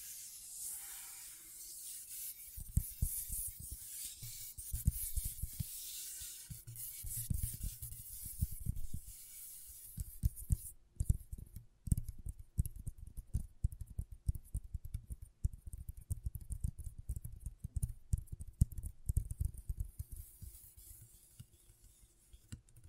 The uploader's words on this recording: ASMR Brain Tingling Scratchboard (No Talking).